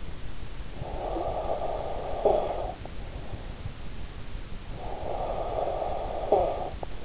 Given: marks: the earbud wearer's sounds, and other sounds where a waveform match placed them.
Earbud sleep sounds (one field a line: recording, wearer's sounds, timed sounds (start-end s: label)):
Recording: sounds in sleep by an in-ear microphone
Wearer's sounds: snoring breath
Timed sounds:
0.45-3.32 s: snoring breath
4.71-7.05 s: snoring breath